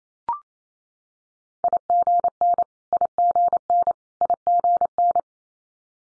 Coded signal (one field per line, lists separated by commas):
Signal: Morse code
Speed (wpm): 28 wpm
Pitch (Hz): 700 Hz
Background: none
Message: IGN IGN IGN